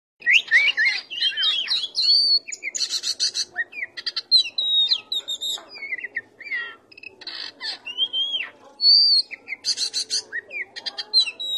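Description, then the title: Oriental magpie-robin song: a rich, varied run of clear whistles, rising and falling slurs and short scratchy bursts, delivered in quick phrases with brief pauses. "Kacer"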